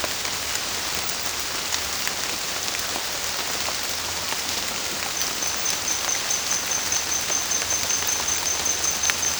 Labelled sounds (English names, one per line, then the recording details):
none
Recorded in dense forest near Puerto Asís, Putumayo, Colombia, on 22 December 2024 at 18:00
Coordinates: 0.466, -76.327
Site G075